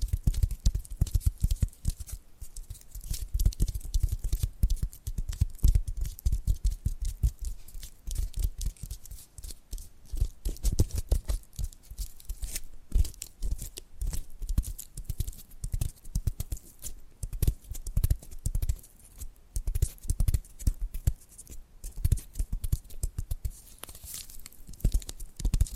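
Tapping and scratching sounds fill the clip, a dense, steady run of quick, crisp knocks with a low thud beneath and sharp, bright edges on top. The taps come rapidly and unevenly throughout, with brief quieter pauses near 17 and 21 seconds.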